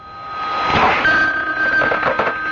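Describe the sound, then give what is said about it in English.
A telephone bell rings with a bright, sustained trill, steady and fairly loud, holding a high tone for a couple of seconds with no one speaking. “Bobby, darling, you'd better answer the phone.”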